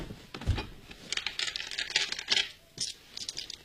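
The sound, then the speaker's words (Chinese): Rapid, irregular clicking and clacking of mahjong tiles knocking together on a table as a game of mahjong is set up and played, a dense flurry of sharp taps with a few louder knocks, no voices. “摆个桌面打麻将。”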